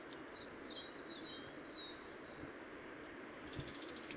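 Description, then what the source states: Citril finch calling: a run of high, slurred, twittering notes in the first two seconds, faint ticks later, against constant low rumble. Recorded 26 April 2014 at Wank (GAR) by Michle Pron.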